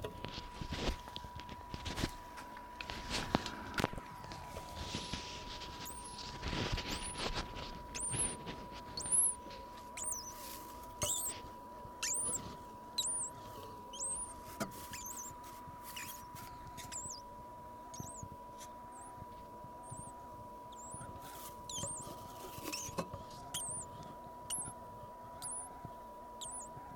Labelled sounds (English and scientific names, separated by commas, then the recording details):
Hazel Dormouse (Muscardinus avellanarius)
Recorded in captivity
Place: Zoologisches Institut der HUB, Berlin, DE
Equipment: R 20/2
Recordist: TSA
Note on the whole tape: Laute bei künstlicher Unterbrechung bzw. Störung des Winterschlafes (im Terrarium). Wahrscheinlich im Winter 1968/69